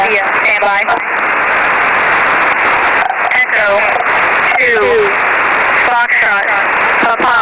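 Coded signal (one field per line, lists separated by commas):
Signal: coded military voice message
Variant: Emergency Action Message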